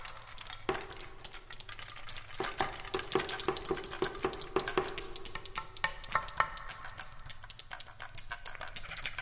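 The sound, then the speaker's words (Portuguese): Music played only on seashells and other objects found on the beach where the musician lives, in Canada: a busy, steady patter of dry clicks and bright clinks, with a few short pitched ringing tones in the middle, and no voices. “em que ele usa só conchas e outros objetos achados na praia, no lugar onde ele mora, no Canadá.”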